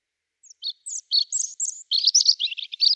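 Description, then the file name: European robin singing a rapid, high-pitched phrase, starting with scattered thin notes and building into dense tinkling, jumbled twitters that run to the end. "Erithacus rubecula"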